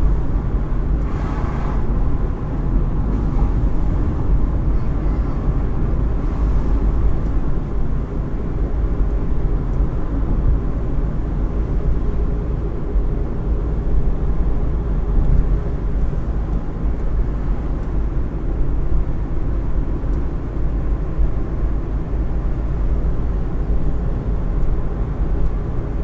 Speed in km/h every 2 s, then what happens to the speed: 57, 57, 59, 59, 59, 59, 60, 58, 57, 57, 59, 60, 60.
0-26 steady at about 59.